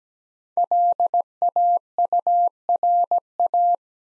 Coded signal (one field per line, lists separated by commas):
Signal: Morse code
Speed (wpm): 17 wpm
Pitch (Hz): 700 Hz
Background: none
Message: LAURA